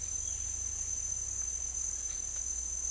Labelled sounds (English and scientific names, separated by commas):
none